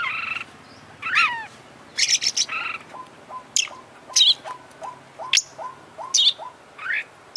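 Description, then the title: Oriental magpie-robin song: a few harsh buzzy notes and high sharp whistles, with soft short chips repeated steadily in between and a faint hum behind. Champion bird singing vigorously (gacor); from a collection of selected tutor songs (masteran) for training songbirds. "Kacer Juara Gacor"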